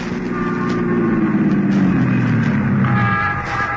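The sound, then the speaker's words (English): A squad car hurries along with a loud, steady engine rumble, its low droning hum shifting slightly in pitch near the end, with no voices. “We climbed into a squad car and hurried back to Barbara Carroll's apartment”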